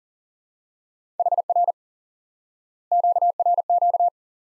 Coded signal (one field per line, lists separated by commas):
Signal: Morse code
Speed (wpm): 40 wpm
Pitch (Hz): 700 Hz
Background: none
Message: HR QRQ